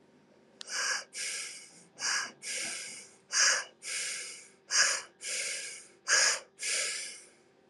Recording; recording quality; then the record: shallow breathing; excellent, no background noise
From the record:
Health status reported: respiratory illness, not identified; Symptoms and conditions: hypertension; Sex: male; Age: 45 years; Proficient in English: yes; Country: Canada